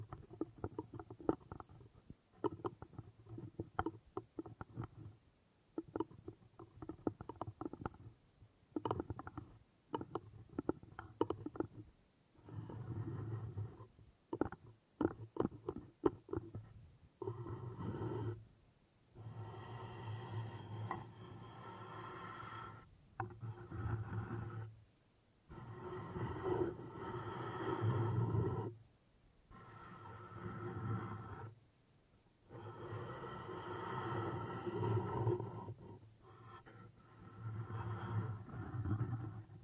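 Wood triggers: for the first fifteen seconds or so, quick taps and knocks come in irregular clusters with short silences between them. After that, longer stretches of low, rumbling rubbing or scraping on wood run a few seconds each, separated by brief pauses.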